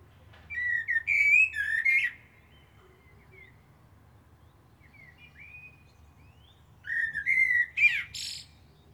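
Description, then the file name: Common blackbird giving two mellow whistled phrases, each sliding through several fluty notes and finishing in a high squeaky flourish, with a quiet interval and soft scattered notes between. "Turdus merula"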